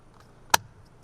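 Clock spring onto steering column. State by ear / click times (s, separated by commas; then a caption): seated / 0.5 s. A new clock spring assembly for a Hyundai Sonata, replaced to fix a B1346 fault with the horn, airbag light and steering controls, is pushed onto the steering column so its plastic tabs snap into place. After a faint soft tick at 0.2 s, a single sharp, loud, bright click rings out at 0.5 s, then it goes quiet. The clock spring is seated on the steering column.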